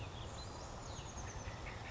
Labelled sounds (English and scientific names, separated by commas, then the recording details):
Oak Titmouse (Baeolophus inornatus)
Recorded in Sonoma County, California